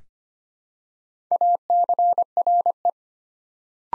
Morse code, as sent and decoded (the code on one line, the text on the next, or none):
.- -.-. .-. .
ACRE